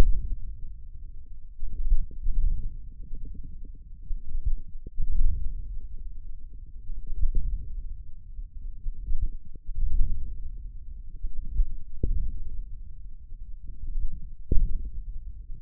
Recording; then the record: forearm muscle sounds (acoustic myography)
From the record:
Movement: wrist flexion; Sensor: system 1, eight BSWA MPA416 microphones around the upper forearm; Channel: 8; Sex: male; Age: 28 years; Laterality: right